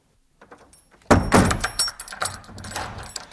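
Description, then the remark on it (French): Fifi Brindacier shuts the door of the Villa Drôle de Repos with a loud thump, followed by metallic clicks and rattles as a key turns twice in the lock, with a brief jingle of keys. “Fifi ferma à double tour la porte de la villa Drôle de Repos.”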